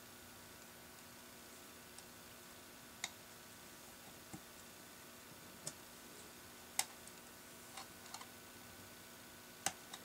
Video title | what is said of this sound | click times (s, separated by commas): Virtue Crown SF vs HK Army Epic Speed Feed for Rotor Install | they do snap in place pretty well as you can tell | 3.0 s, 6.8 s, 9.7 s